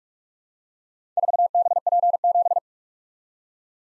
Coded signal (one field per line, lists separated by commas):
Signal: Morse code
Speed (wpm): 44 wpm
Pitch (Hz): 700 Hz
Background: none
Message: 4BP7